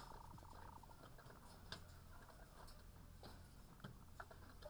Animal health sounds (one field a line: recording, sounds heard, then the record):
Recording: poultry house recording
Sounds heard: sick chickens (respiratory disease)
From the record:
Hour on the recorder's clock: 9